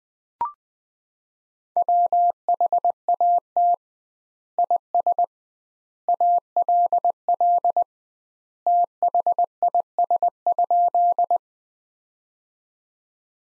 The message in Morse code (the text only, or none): WHAT IS ALL THIS?